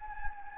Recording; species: mosquito wingbeat signal from an infrared sensor; Anopheles gambiae